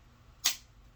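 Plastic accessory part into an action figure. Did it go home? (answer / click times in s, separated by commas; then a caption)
partly / 0.5 s. A plastic accessory part is pushed onto a plastic action figure and gives a single sharp snap at 0.5 s. This is the first of two expected clicks, so the part is only partly on and not fully home yet.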